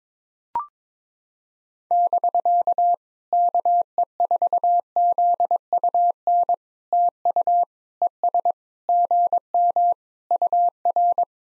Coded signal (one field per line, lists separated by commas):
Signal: Morse code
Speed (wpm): 22 wpm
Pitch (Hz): 700 Hz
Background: none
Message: <BK> KE4ZUN TU ES GM UR